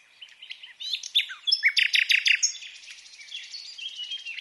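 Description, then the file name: Common nightingale song with scattered chips building into a loud series of rapid, emphatic notes, fading into a soft high rattle. "Luscinia megarhynchos"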